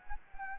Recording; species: mosquito wingbeat signal from an infrared sensor; Anopheles gambiae